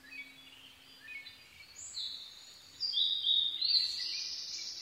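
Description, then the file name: Blue-and-white flycatcher song: quiet thin whistles build into a loud high warbling phrase in the last two seconds, with a faint low tone at the start. Recorded 22 May 2011 at 04:34. "ooruri-20110522-0434"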